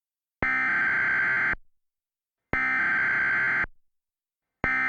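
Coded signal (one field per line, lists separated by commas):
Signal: Emergency Alert System (SAME) tones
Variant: header bursts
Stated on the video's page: Mock administrative message/all-clear alert, not a real broadcast.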